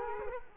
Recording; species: mosquito wingbeat signal from an infrared sensor; Culex quinquefasciatus